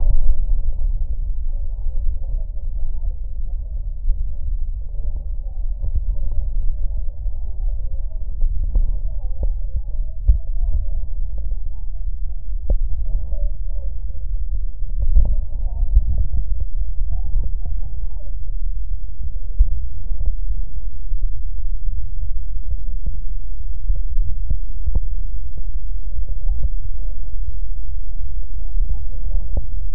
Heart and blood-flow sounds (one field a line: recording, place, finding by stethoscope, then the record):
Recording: heart sounds by stethoscope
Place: pulmonary valve (PV)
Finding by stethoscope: normal heart sounds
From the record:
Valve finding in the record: normal valve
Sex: male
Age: 65 years